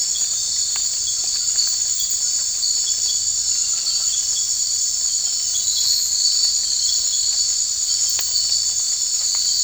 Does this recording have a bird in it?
no